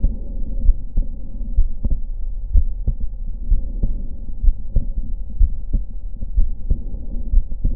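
Heart sounds at about 62 beats per minute, with normal physiological splitting of the second heart sound, heard by stethoscope in an adult.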